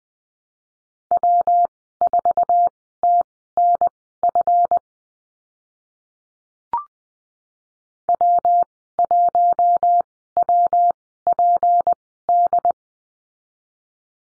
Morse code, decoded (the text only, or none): W4TNF W1WPD